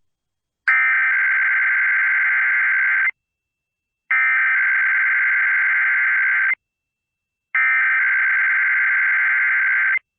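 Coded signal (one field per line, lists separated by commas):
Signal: Emergency Alert System (SAME) tones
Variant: header bursts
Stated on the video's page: Real Required Weekly Test SAME headers relayed by Minnesota broadcast stations, including an LP1 relay, covering Minnesota, Iowa and Wisconsin areas.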